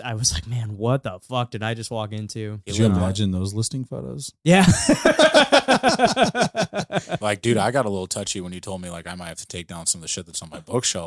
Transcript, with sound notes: I was like, man, what the fuck did I just walk into?
Did you ever imagine those listing photos?
Yeah. (laughing) Like, dude, I got a little touchy when you told me, like I might have to take down some of the shit that's on my bookshelf.